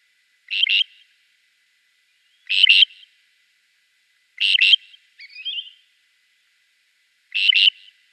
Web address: Schulze Peter Southern Grey Shrike song